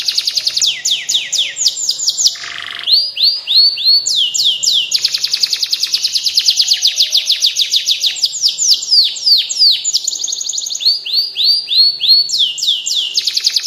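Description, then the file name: Canary in continuous varied song, alternating rapid rattling trills with sweeping slurred whistles and short buzzy bursts, changing phrase every second or two. Standard-type canary. "suara kicauan kenari standar. omkicau"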